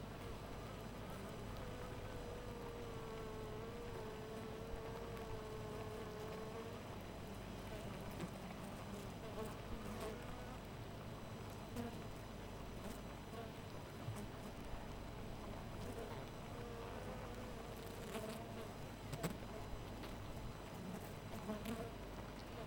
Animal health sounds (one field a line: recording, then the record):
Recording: honeybee colony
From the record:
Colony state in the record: missing queen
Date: 14 July 2017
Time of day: 4:30